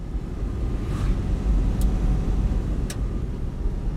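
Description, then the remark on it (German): A steady, deep rumble of a car moving along a road far outside the city with almost no other traffic, with constant low engine and tyre noise and a couple of faint, brief high ticks. “Kaum noch Verkehr. Bald sind wir das einzige Fahrzeug auf der Straße.”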